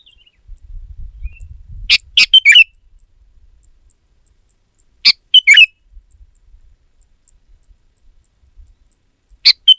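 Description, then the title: Sooty-headed bulbul song: short bursts of bubbly, chirpy phrases of three or four notes, given about every three to four seconds, with a faint low rumble early on. "kutilang"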